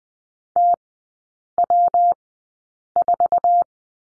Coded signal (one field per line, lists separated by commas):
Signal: Morse code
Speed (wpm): 20 wpm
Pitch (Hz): 700 Hz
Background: none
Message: TW4